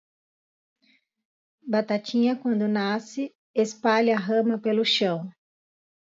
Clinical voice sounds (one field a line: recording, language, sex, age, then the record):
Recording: short text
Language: Brazilian Portuguese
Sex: female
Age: 30 to 39 years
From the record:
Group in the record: control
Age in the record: 34 years